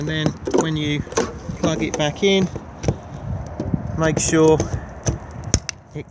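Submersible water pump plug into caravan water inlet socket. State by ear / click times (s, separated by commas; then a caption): seated / 5.5 s. Someone talks while the plug of a Truma submersible water pump, released by its blue trigger, is pushed back into the external water inlet socket of a Venus Deluxe 460 caravan. A sharp click at 5.5 s marks the plug seating and locking into place.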